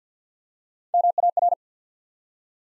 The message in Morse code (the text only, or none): MAR